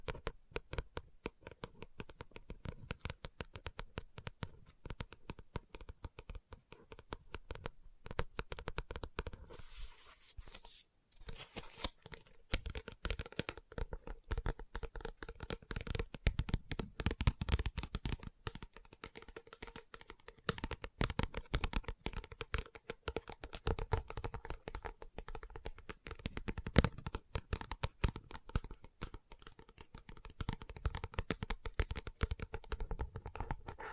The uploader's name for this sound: Book Tapping, Scratching, Page Turning